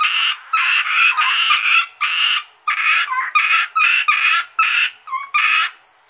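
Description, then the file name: Asian grass frog calls: loud, harsh buzzing croaks in rapid succession, some notes longer and some clipped short, nearly continuous. "rana limnocharis yannick dauby gruenrekorder"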